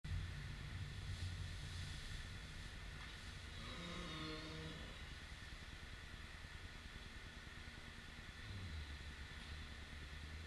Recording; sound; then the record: horse showing discomfort; groaning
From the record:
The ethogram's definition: a long, low-pitched, sometimes raspy, vocalization